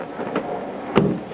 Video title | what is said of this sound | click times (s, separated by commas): 1998 ford windstar door jamb switch replacement | and then as soon as you hear it snaps it's in | 1.0 s